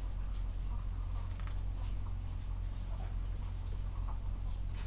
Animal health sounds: poultry house recording; sick chickens (respiratory disease)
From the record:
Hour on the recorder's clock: 13

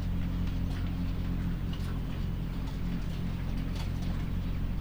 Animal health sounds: poultry house recording; sick chickens (respiratory disease)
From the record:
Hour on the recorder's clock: 3

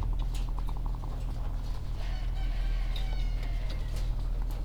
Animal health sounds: poultry house recording; sick chickens (respiratory disease)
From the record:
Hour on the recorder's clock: 17

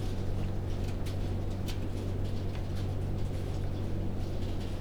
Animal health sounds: poultry house recording; no chicken sound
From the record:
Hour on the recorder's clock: 20

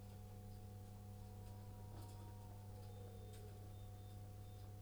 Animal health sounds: poultry house recording; healthy chickens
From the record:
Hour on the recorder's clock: 18

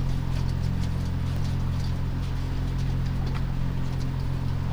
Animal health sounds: poultry house recording; sick chickens (respiratory disease)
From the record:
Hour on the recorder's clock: 2

